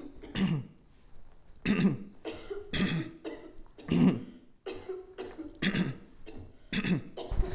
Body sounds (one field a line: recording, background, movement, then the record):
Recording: throat clearing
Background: a bystander coughing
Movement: sitting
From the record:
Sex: male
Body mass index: 22.0 kg/m2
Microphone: on the chest, facing outward